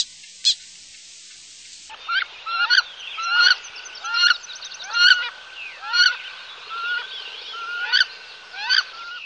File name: Wood Duck